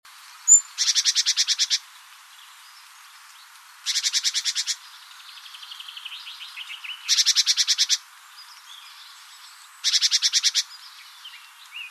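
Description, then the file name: Great tit calling: four bursts of rapid, buzzy repeated notes about every three seconds, with faint twittering between them. "Parus major"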